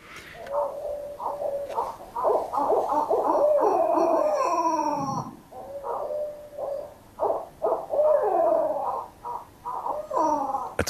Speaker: Het geluid van de gestreepte bosuil.